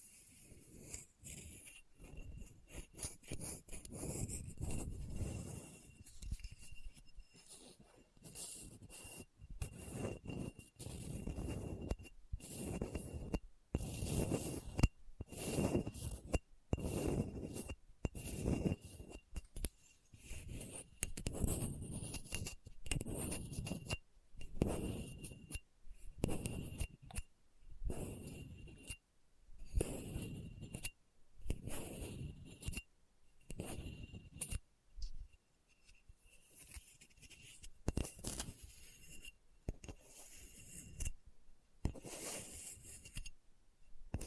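Scratching on a hard, bumpy surface runs for the full length in dense bursts of rough scraping, broken by brief silent gaps. The strokes come fast and uneven, gritty and bright with a heavy low rub beneath, and a faint steady whine holds throughout.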